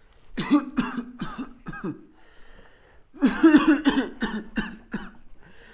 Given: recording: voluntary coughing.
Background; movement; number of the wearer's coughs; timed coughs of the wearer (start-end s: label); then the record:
quiet; walking; 10
0.36-0.66 s: cough
0.75-1.15 s: cough
1.19-1.58 s: cough
1.58-1.91 s: cough
3.20-3.53 s: cough
3.53-3.81 s: cough
3.82-4.12 s: cough
4.19-4.49 s: cough
4.55-4.75 s: cough
4.91-5.22 s: cough
From the record:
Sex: male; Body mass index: 21.0 kg/m2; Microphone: on the chest, facing outward